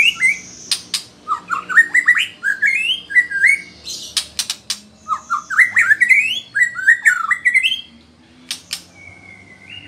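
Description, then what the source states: White-rumped shama song, rapid rising whistled phrases mixed with sharp click notes, continuing in bursts over about eight seconds. Female bird.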